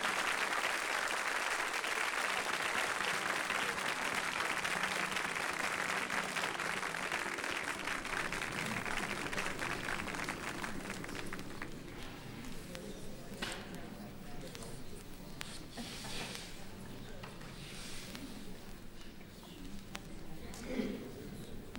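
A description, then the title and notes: Applause fills the theatre, a dense, steady patter of many hands clapping at full strength for the first ten seconds. It then thins and softens, becoming more scattered, with voices and a few isolated claps surfacing as it winds down. Applause in Theatre.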